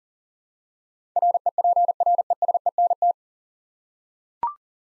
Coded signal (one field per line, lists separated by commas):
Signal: Morse code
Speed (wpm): 40 wpm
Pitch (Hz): 700 Hz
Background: none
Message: REPRESENT